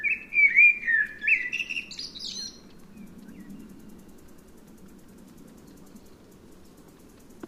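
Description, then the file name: Eurasian blackbird singing one mellow fluted warbling phrase that ends in a brief high twitter, followed by about five seconds of quiet low background hum. "Turdus merula"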